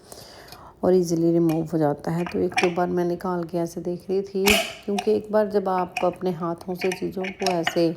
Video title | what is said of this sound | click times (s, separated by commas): New Power Blender Unboxing in USA - Kitchen Upgrade 🎉 | जब आप इसको लगाएंगे तो एक टक से आवाज आती है उससे यह लॉक हो जाता है | 0.1 s